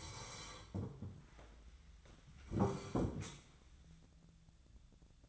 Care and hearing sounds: daily activity, microphone in the room; sit down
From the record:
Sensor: 3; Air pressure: 1015.2 hPa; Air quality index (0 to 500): 157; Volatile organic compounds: 10 ppm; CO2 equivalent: 2235 ppm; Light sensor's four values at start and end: 15/40/16/17 and 15/40/16/17

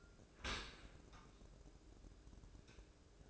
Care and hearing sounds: daily activity, microphone in the room; open dishwasher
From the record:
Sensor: 2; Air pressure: 1012.2 hPa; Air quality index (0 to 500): 148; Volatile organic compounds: 2 ppm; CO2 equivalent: 1081 ppm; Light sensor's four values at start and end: 289/708/287/291 and 288/705/286/290

